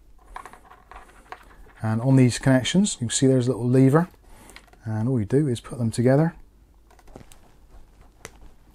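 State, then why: Seated. Two daisy-chain fan/ARGB cable connectors for an Inwin MR36 ARGB 360mm AIO CPU cooler, each with a small plastic latch lever, are pushed together after someone talks, with faint handling ticks before the speech and again around 7 s. A sharp snap at 8.3 s marks the connectors locking, and they are seated firmly enough that a tug doesn't pull them apart.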